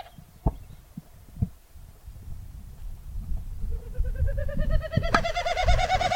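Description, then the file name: Wilson's snipe, a throbbing, pulsed hooting sound that rises slightly in pitch, with a few low thumps and rumbling background. "Wilsons Snipe - Gallinago delicata"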